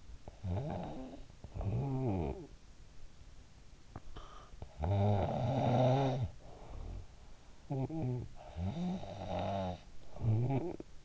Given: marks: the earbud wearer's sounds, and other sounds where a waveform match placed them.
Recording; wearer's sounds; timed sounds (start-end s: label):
sounds in sleep by an in-ear microphone; snoring breath
0.00-2.86 s: snoring breath
4.03-7.32 s: snoring breath
7.60-11.05 s: snoring breath